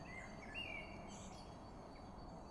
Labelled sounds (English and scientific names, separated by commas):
Great Tit (Parus major)